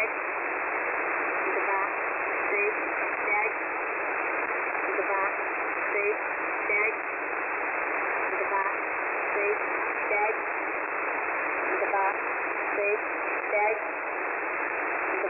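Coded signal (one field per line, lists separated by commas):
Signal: numbers station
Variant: S06s, Russian female voice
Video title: [S06s "Russian lady 00000"] 13.October 2020 11:00 UTC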